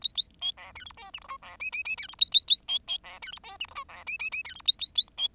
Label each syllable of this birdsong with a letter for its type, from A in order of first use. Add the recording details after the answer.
A A B C D E F G H I C J J J D E A A A B B C D E F G H I C J J J D E A A A B. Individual Bird10